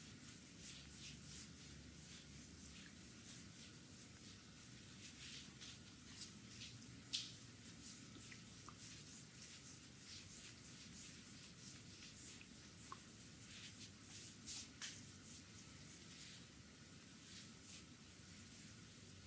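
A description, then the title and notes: Hands glide over an oiled belly in a close, steady wash of soft rubbing and slick friction, with a low rumble underneath. Brief wet squishes and light slaps break through now and then, clearest around six to seven seconds and near fifteen. Stomach massage (belly, front, abdominal) with oil.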